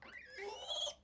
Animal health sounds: pig call; piglet (1 to 25 days)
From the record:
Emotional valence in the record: negative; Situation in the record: restrain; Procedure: back test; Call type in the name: high-frequency call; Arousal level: low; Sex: male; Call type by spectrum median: high-frequency call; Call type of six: high-frequency stable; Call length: 1.04 s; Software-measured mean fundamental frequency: 214 Hz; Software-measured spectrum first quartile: 2366 Hz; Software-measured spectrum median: 3963 Hz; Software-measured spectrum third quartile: 10419 Hz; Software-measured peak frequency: 3349 Hz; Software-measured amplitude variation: 136 dB a second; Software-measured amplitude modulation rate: 19.2 a second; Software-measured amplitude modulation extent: 7.0 dB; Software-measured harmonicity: 6.8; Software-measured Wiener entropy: -3.44

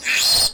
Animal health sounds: pig call; piglet (1 to 25 days)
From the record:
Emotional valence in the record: negative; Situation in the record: restrain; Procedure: sham castration, fixation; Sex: male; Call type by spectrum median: high-frequency call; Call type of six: high-frequency modulated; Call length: 0.54 s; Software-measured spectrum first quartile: 3537 Hz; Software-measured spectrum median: 4678 Hz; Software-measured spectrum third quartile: 6779 Hz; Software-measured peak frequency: 4262 Hz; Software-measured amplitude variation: 106 dB a second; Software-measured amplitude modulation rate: 23.1 a second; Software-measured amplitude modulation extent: 4.6 dB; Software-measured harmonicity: 3.9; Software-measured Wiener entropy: -2.06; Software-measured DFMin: 907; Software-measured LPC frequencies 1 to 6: 841, 1830, 2521, 3421, 4243, 4963 Hz

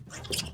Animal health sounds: pig call; piglet (1 to 25 days)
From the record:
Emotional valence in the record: negative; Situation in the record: long isolation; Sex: female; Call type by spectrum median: high-frequency call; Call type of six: mixed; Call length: 0.54 s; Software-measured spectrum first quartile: 1258 Hz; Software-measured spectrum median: 3535 Hz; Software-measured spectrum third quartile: 6350 Hz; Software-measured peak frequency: 389 Hz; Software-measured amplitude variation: 196 dB a second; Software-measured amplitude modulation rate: 22.3 a second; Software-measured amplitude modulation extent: 8.8 dB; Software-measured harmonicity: 1.0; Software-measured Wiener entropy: -2.92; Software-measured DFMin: 832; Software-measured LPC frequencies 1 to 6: 1574, 2779, 3223, 4812, 7352, 8668 Hz

